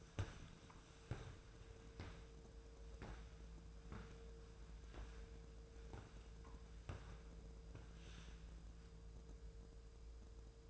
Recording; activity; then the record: daily activity, microphone in the room; walk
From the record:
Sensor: 2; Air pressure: 1005.2 hPa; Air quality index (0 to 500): 99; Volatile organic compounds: 2 ppm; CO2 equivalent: 1202 ppm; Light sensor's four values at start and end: 8/20/8/8 and 7/16/7/7